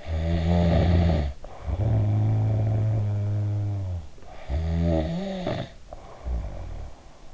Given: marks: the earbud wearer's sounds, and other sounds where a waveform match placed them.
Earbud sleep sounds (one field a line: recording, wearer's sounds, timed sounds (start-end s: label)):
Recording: sounds in sleep by an in-ear microphone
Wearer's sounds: snoring breath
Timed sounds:
0.07-4.21 s: snoring breath
4.33-7.34 s: snoring breath